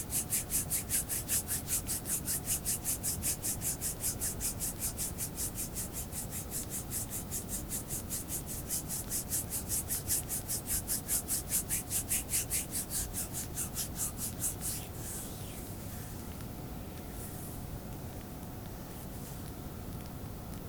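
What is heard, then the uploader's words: A fire massage, heard as rhythmic rubbing strokes, about three per second, each a bright rasping swish over a steady low rumble. The strokes stay even for about fifteen seconds, then fade into a softer, duller continuous rubbing to the end. ASMR Chinese Fire Massage.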